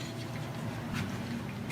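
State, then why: Not seated. A developer unit for an M2635DW, M2040DN, M2540DW or M2640IDW laser printer is grasped and lined up before being slid back into the printer. A steady low hum runs throughout, with brief soft rustling bursts around 1.0 s and 1.7 s. Nothing has seated or clicked yet.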